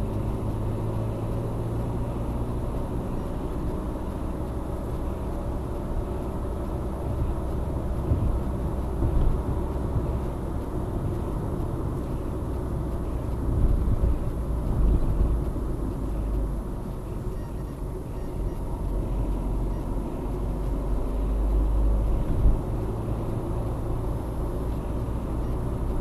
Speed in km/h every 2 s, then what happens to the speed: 59, 65, 68, 70, 71, 70, 69, 58, 50, 49, 55, 59, 61.
0-3 speeds up to 68. 3-11 steady at about 70. 11-16 brakes to 50. 18-26 speeds up to 61.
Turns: none.